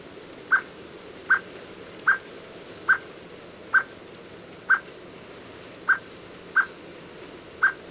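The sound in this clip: Eurasian blackbird uttering nine abrupt call notes, spaced fairly evenly about a second apart, with a quiet hiss behind.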